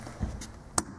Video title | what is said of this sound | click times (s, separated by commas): Инерциальная и спутниковая навигации (история и современность) | будет всё, вот он зафиксировался. | 0.8 s